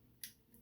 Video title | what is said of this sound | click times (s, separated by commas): R.o.t.F. Mixmaster: The Leader: Studio Series Devastator Part 8: Blindformers 48 | they're pretty easy to click into place they're the mixers on the shoulders of this guy | 0.2 s